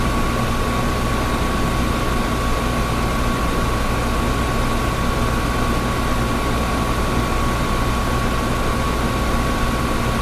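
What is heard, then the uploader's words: A window air conditioner runs with a steady, unchanging hum and a dense airy hiss across the whole clip. A clear, thin tone sits in the middle of the sound, with a low motor drone underneath. Nothing starts or stops; the level stays constant throughout. Air Conditioner Window Unit: Relaxing with the White Noise Hum of an Air Conditioner. The steady and rhythmic sound of the air conditioner.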